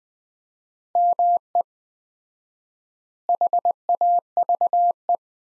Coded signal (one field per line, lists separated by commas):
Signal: Morse code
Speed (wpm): 20 wpm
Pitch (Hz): 700 Hz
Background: none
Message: ME HAVE